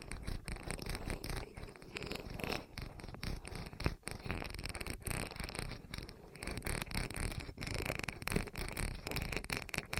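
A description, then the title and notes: Dense rolling, scraping friction sounds continue for the whole stretch, with rapid crackly textures, brief dips near four and seven seconds. ASMR Rolling On Your Ears (No Talking).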